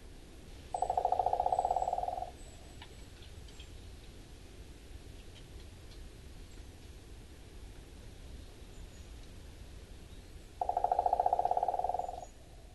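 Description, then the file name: Owston's woodpecker drumming, two fast rolls about one and a half seconds long, well separated, over a steady low background hiss. Amami, 7 March 2014. "ostoaka d amami ishida"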